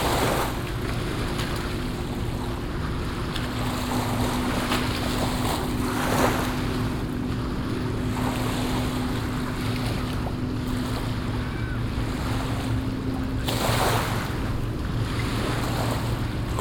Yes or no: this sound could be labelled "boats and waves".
yes